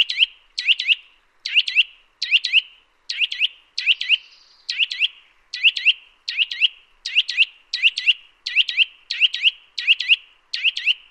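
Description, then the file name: Eurasian nuthatch calling in a steady run of clear, ringing notes, often doubled, about one and a half per second, over a quiet background. "Sitta europaea"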